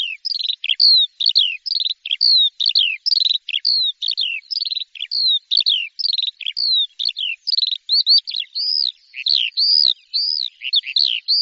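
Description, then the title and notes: Bird song of rapid, varied high whistles and downward sweeps running continuously, turning to arched notes near the end. "Bird Sound. Kicau Burung Lengkap"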